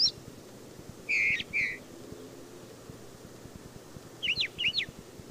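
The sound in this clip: Brown thrasher giving a few doubled phrases, a pair of lower notes and then paired squeaky notes, with a long pause between them.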